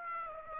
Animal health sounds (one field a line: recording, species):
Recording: mosquito wingbeat signal from an infrared sensor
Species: Aedes aegypti